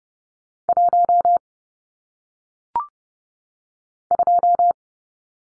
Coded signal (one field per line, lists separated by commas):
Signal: Morse code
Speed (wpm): 30 wpm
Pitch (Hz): 700 Hz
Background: none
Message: 1 2